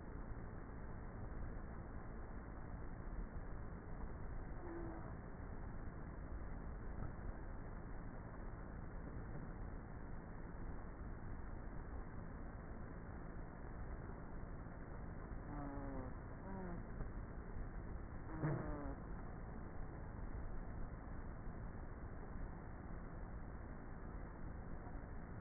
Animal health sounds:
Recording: honeybee colony, microphone inside the hive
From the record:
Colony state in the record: queenless with a low population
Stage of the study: before two queens were removed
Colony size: about 30,000 bees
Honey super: no

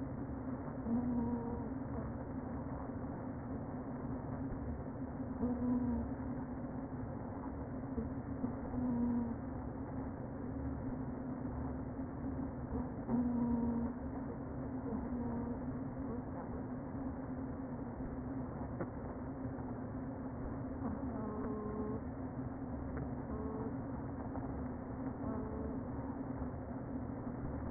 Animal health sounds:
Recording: honeybee colony, microphone inside the hive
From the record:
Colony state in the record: queen present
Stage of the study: before two queens were removed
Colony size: about 60,000 bees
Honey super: yes

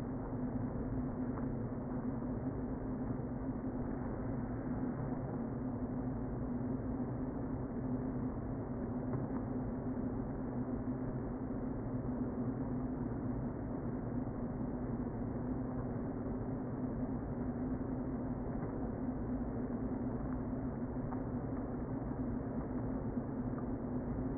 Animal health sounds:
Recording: honeybee colony, microphone inside the hive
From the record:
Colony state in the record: queen present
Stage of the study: before two queens were removed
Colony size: about 60,000 bees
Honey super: yes

